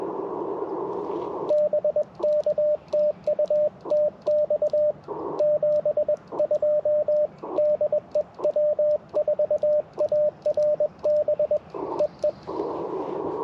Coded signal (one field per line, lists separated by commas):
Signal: Morse code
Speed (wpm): 21 wpm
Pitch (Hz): 600 Hz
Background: radio noise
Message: BK TU TX 72 DE W4ARB EE